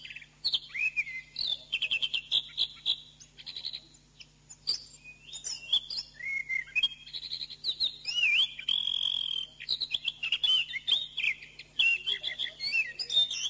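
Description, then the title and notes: Bird song, long varied medley of sweet whistles, sliding notes and dry rattling chips delivered in fast succession, with a steady background hum. Birdsong used for training birds. "MASTERAN BURUNG. suarane manok"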